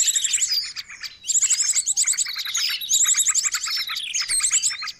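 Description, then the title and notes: Birds in a noisy mixed chorus. Rapid ticking trills and shrill chirps come in bursts, with a short lull after the first second. Long-duration noisy bird sounds used as a lure for catching birds; master training audio. "Master Burung Ribut Durasi Panjang. Burung Ribut Pikat"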